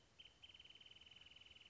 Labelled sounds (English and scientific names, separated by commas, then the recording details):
Wrentit (Chamaea fasciata)
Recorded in Sonoma County, California